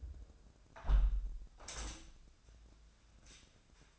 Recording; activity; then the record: daily activity, microphone in the room; close window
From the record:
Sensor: 2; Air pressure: 1012.1 hPa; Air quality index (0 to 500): 100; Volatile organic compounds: 1 ppm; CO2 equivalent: 760 ppm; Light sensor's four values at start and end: 112/268/111/111 and 115/273/113/112